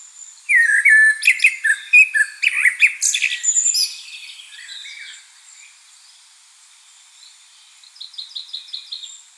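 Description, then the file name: Common blackbird song: a burst of low warbled whistles mixed with squeaky high notes, a pause, then a faint rhythmic run of high notes. "Turdus merula"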